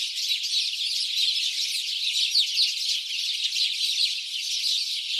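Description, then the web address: House sparrow chorus, dense high chirping from many birds running steadily, with a few clearer notes poking through. "SETE data Passer domesticus"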